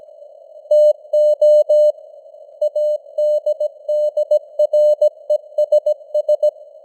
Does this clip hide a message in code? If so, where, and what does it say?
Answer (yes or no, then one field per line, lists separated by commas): yes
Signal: Morse code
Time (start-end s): 0.7-6.5 s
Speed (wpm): 17 wpm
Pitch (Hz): 600 Hz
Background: none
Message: TO ADDRESS